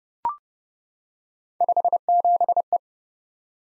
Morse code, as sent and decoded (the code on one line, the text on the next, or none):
..... --... .
57E